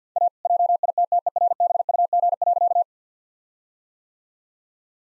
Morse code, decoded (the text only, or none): A JITTERBUG.